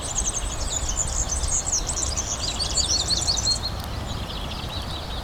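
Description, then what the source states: European serin singing a fast, sizzling, glassy stream of high notes, then fainter notes, over steady low background noise. Recorded at Ystad, Sweden, in 2012.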